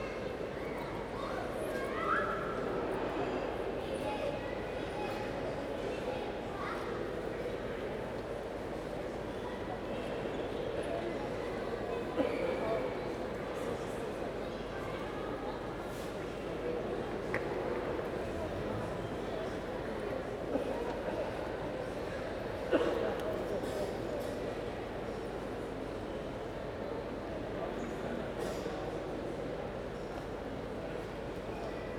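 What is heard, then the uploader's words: Inside a busy railway station, a dense crowd murmur of voices fills the hall steadily from start to finish. Occasional sharp clacks and knocks ring out, notably around twelve and twenty-three seconds, with a faint low rumble beneath the chatter. Central Station is My Favourite Musical Instrument. All recorded at Newcastle's Central Station.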